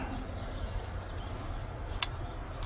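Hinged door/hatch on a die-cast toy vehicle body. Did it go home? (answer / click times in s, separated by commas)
no / none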